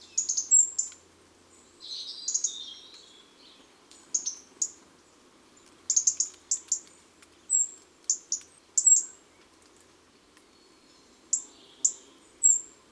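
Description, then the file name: European robin song: short, high, thin phrases of varied sweet notes and trills, separated by brief pauses, over a faint low steady hum. "Rougegorge familier"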